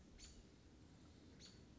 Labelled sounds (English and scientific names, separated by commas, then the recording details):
American Robin (Turdus migratorius)
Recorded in Sonoma County, California